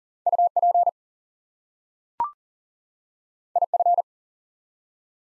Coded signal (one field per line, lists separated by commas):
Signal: Morse code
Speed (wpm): 41 wpm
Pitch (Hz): 700 Hz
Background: none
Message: UP IF